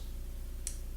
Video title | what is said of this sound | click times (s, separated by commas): The BUN & BEARD Fit Tips #3: Understanding and Measuring Your Body Fat | take the skin fold and you press with this until it clicks just | 0.7 s